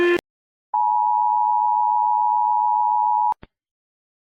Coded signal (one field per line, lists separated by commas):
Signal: Emergency Alert System (SAME) tones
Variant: 853 and 960 Hz attention tone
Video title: Rating EAS Alarms part 1 (Spanish)